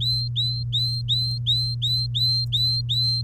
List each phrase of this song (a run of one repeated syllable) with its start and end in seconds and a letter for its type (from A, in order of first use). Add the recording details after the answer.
0.00-3.21 A. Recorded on 3 May 2018 at 10:24. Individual llb3